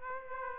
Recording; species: mosquito wingbeat signal from an infrared sensor; Aedes aegypti